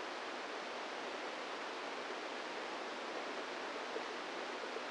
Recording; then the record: brain microelectrode recording played as sound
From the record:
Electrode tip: inside the subthalamic nucleus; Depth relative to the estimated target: 0 mm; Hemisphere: right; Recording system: NeuroSet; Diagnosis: Parkinson's disease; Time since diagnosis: 10 years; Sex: female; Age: 45 years